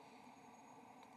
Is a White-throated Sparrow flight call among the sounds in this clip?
no